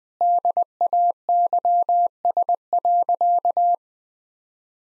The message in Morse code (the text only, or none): DAYS.